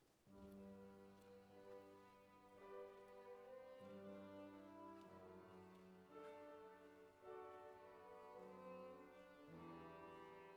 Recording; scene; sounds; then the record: everyday scene through a hearing-aid microphone; reverberant space; music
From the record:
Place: church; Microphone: behind the ear, left, rear